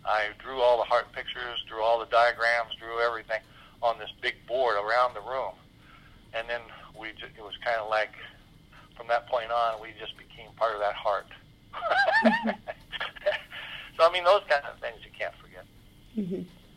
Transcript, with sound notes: I drew all the heart pictures, drew all the diagrams, drew everything on this big board around the room. And then it was kind of like from that point on, we just became part of that heart. (laughs) I mean, those kind of things, you can't forget.